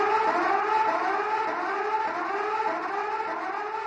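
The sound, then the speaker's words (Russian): A loud alarm siren wails continuously, its stacked harmonic tones gently wavering up and down at a steady, piercing volume throughout, with no voices. “Сирена взорвала тишину. Очень громкая, такая, от которой подскакиваешь на месте.”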